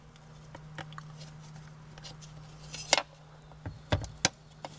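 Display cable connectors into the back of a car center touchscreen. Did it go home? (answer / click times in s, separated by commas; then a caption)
yes / 2.9 s, 4.2 s. Display cable connectors are plugged back into the back of a Tesla Model Y Juniper center touchscreen while the screen is held up on foam, because the cables don't reach down far enough. Over a low steady hum with faint handling taps, sharp plastic clicks ring out at 2.9 s and 4.3 s. The connectors snap and seat in place.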